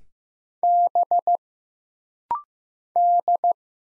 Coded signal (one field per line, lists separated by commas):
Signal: Morse code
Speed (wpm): 15 wpm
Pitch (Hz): 700 Hz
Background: none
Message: B D